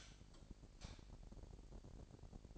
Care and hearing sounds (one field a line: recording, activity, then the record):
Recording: daily activity, microphone in the room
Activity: light off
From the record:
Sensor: 5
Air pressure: 1012.0 hPa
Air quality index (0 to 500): 248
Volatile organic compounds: 4 ppm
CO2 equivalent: 1702 ppm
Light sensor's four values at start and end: 40/94/39/41 and 38/89/37/39